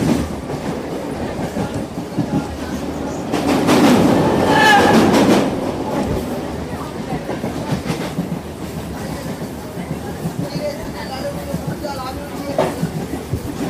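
A train rolls along with a steady low rumble and a dense, continuous rattle of wheels on track. Around four to five seconds the sound swells louder with a brief squealing, metallic whine, then settles back to the even clatter.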